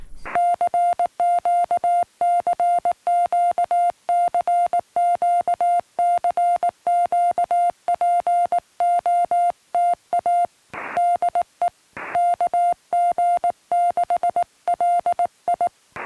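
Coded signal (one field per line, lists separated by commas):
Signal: Morse code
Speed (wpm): 18 wpm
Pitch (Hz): 700 Hz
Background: music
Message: CQ CQ CQ CQ POTA DE KG6LI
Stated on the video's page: Parks activation from a national forest point, restored recording.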